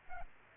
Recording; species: mosquito wingbeat signal from an infrared sensor; Culex pipiens